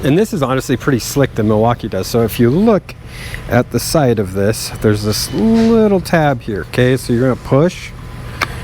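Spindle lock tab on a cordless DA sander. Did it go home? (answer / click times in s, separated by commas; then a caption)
yes / 8.4 s. Someone talks while pushing down and pulling up on the small spindle lock tab on the side of a Milwaukee M12 cordless dual-action sander. A short, sharp click is heard at 8.4 seconds as the tab seats in its locked position, locking the spindle so the backing plate can be spun off without a tool.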